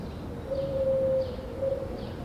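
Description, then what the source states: Common cuckoo call: low hooting tones near the same pitch, a short one, a drawn-out one, then another short one, over faint repeated high chirps and steady background hiss. Recorded at dawn from an outdoor balcony.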